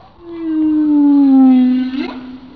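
Whale call: a single long, low tonal moan that slowly falls in pitch, rich in harmonics, ending with a brief upward sweep.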